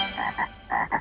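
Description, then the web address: Edible frog croaking in four short bursts, two quick pairs with a brief gap between them. "edible frog frog 20070602"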